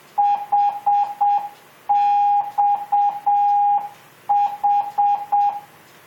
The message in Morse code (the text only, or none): HXH